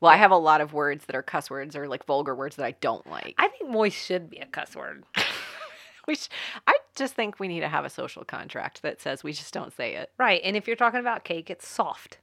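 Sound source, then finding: Adult speaker. No disorder.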